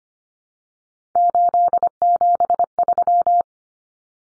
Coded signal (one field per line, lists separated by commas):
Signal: Morse code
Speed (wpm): 25 wpm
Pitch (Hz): 700 Hz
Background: none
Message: 873